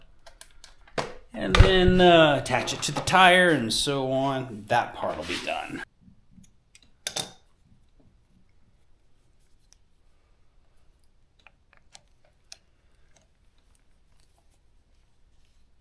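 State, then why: Not seated. On a Suzuki DR650, the motorcycle speedometer cable end is being handled at the front wheel's speedometer drive hub. Someone talks for the first few seconds, then a sharp knock comes at about 7.1 s, followed by faint ticks near 11.5, 12.0 and 12.5 s in near silence. Nothing has seated or clicked yet.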